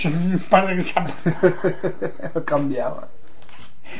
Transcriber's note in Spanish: risas